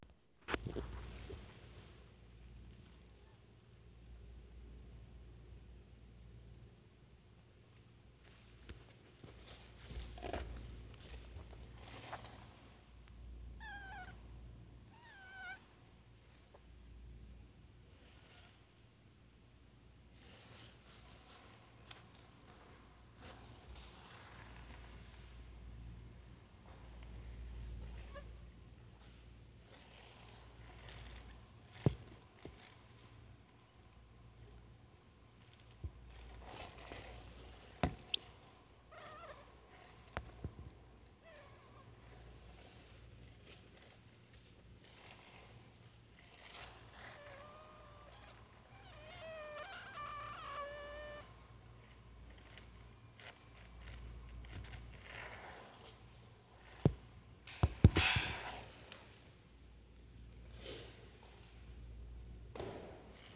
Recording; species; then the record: mosquito flight sound by mobile phone; Anopheles minimus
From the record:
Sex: male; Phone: Sony Xperia